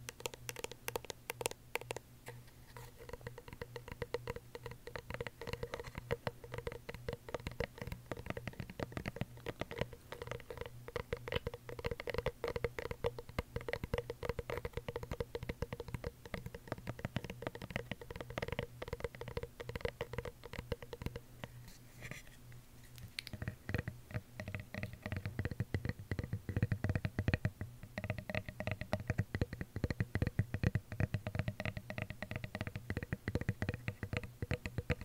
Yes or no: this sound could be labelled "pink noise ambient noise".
no